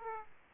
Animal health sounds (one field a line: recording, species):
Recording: mosquito wingbeat signal from an infrared sensor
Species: Aedes aegypti